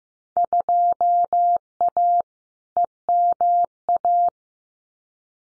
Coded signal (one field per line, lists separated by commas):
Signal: Morse code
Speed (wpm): 15 wpm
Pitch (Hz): 700 Hz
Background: none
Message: 2A EMA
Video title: Field Day Exchange 15wpm